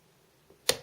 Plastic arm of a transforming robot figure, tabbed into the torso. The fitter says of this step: give it a little push and you leave a little click and they detach so